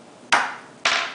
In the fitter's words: once you hear the click like that